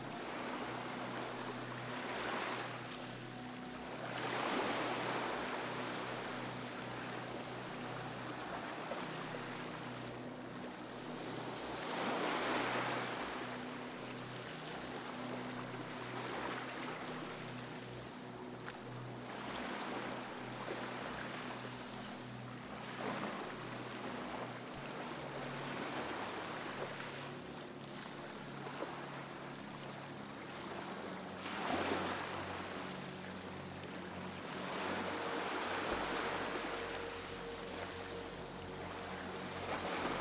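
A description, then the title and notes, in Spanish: Ocean waves roll in with a soft, steady hiss, swelling into louder washes about every seven or eight seconds. Beneath them a gentle melody of long, held low tones plays, its notes shifting slowly around the halfway mark and again near the end. DUERME Mejor con el Sonido de las OLAS y una MELODÍA Relajante.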